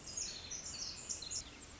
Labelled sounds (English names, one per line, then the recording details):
Pacific Wren
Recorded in Sonoma County, California